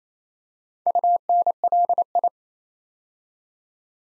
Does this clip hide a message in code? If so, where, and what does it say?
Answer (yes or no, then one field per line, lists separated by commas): yes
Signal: Morse code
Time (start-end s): 0.9-2.3 s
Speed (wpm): 27 wpm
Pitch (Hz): 700 Hz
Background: none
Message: UNLI